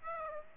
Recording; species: mosquito wingbeat signal from an infrared sensor; Aedes aegypti